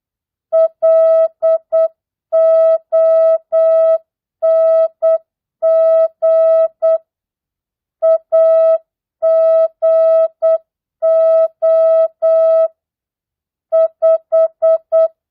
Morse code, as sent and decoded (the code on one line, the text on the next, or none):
.-.. --- -. --. / .- --. --- / .....
LONG AGO 5